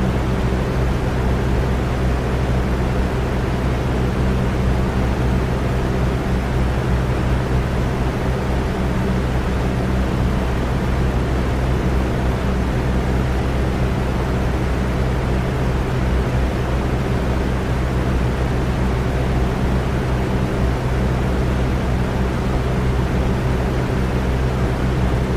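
A box fan runs at a steady speed, giving a constant, dense whoosh of rushing air with a deep, humming low end. The sound never changes over the whole stretch, with no clicks, pauses or other sounds breaking through.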